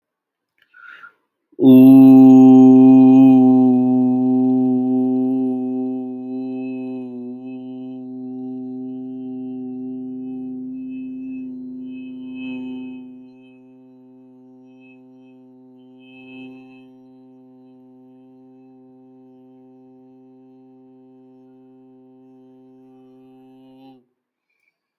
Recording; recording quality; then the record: sustained vowel as in boot; excellent, no background noise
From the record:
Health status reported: healthy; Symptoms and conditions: none ticked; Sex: male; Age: 26 years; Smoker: not ticked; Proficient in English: yes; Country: India